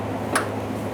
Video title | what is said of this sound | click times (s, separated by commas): How to Replace Fuel Pump Assembly 2015-2020 Ford F-150 | press it in listen for a click a light tug | 0.4 s